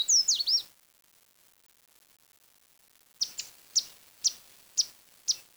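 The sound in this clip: Bird giving a quick twisting high whistled phrase, then a pause of over two seconds, followed by a series of sharp high chips about every half second.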